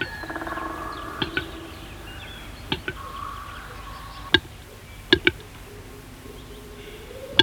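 Capercaillie clicks: sharp, dry clicks at irregular intervals, some in quick pairs, over a low steady hum and faint background tones.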